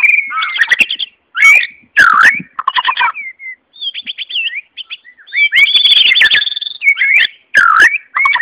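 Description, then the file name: White-rumped shama song, short bursts of loud whistles and harsh clicking notes, broken by brief silences, with a higher trilled passage midway. Song, Malaysia. "kicauan mb malaysia"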